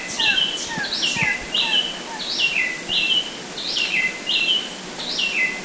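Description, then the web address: Bar-winged wood-wren song: loud, rich whistled phrases in rapid succession, falling and slurred notes overlapping, steady throughout with a constant background hiss. Ecuador. "S America Birds of Ecuador. Bar-winged Wood-Wren"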